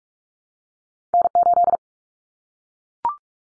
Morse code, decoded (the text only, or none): N8